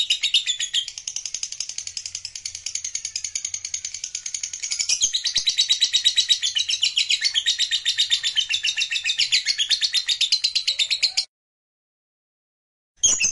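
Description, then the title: Lovebird singing a sustained, fast chattering trill of high buzzy notes for about eleven seconds, stopping abruptly before a short sharp note. Lovebird singing with spontaneous excitement, meant to rouse a lazy, quiet lovebird into song. "LOVEBIRD Malas Bunyi JADI GREGET SPONTAN Langsung NARIK"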